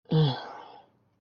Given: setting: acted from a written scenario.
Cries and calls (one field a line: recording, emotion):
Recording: vocal sound without words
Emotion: disappointment